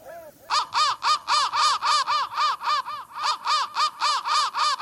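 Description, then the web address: Crow cawing in a fast, even run of harsh arched notes, roughly three to four each second, after a brief softer call at the start. "soundfactory crow"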